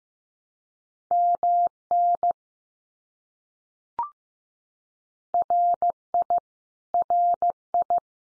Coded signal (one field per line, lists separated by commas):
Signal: Morse code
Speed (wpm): 15 wpm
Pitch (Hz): 700 Hz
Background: none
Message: MN RI RI